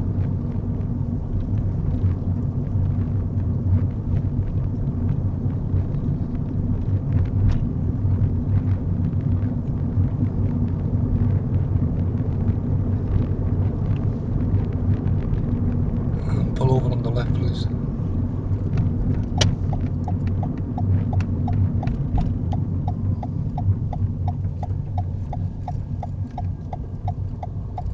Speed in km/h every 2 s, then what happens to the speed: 32, 34, 34, 34, 35, 39, 39, 39, 37, 34, 31, 19, 15, 11.
0-10 speeds up to 39. 10-17 steady at about 39. 17-28 slows to 11.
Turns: none.